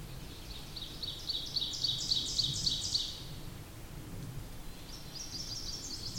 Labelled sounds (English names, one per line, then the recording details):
Ovenbird song
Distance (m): 40 m
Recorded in boreal forest in Alberta, Canada, on 8 June 2016 at 08:22
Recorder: SongMeter 3, array SBT-3-9
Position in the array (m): 52 m, 106 m
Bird 33